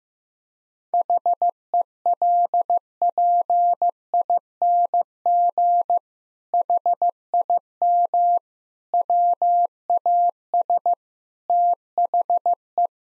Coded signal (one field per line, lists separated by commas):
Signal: Morse code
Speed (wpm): 15 wpm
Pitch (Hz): 700 Hz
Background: none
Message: HELPING HIM WAS THE